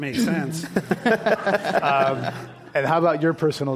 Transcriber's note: laughter